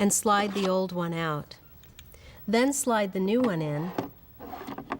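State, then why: Seated. Someone talks while the battery charge pack of a Lifepak CR Plus automated external defibrillator is changed: the latch is squeezed, the old pack slides out of its bay, and faint clicks near 2.0 s accompany the handling. The new charge pack is slid into the defibrillator housing, and its plastic latch clicks home at 4.9 s, seating the pack.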